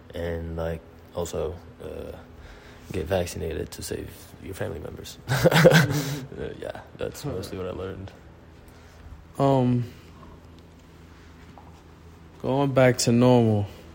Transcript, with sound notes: And also get vaccinated to save your family members. [Both speakers giggle] That's mostly what I learned.
Going back to normal,